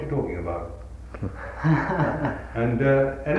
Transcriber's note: laughs